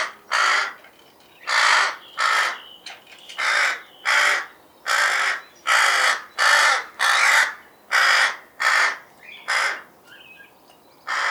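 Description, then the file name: Rook giving a long series of many harsh, grating caws. "roek"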